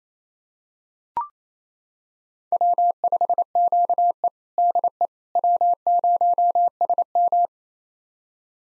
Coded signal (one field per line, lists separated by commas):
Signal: Morse code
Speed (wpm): 28 wpm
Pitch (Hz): 700 Hz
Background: none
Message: W5QE DE W0SM